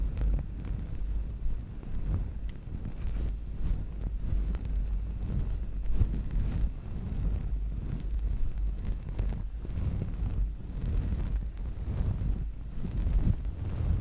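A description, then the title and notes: A bare microphone being brushed gives a steady, dense low rumble with constant scratchy rustling and frequent soft thumps, sounding much like wind buffeting. ASMR Bare Mic Brushing At 100% Sensitivity (No Talking).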